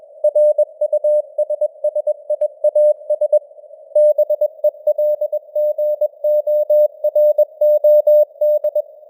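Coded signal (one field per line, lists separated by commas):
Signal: Morse code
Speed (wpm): 21 wpm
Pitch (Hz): 600 Hz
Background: none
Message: RUSSIAS BELGOROD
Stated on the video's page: News headlines sent in Morse at 21 wpm with simulated radio noise and varying signal strength (QSB).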